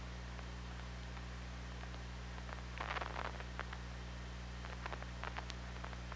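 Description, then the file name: Killer whale clicks, with a dense rapid burst near three seconds followed by spaced single ticks, over steady hum and hiss. OrcaLab hydrophone recording made 24 August 2017 at 23:57:20, just before midnight. "Orca Lab UTLN JASON 20170824 235720"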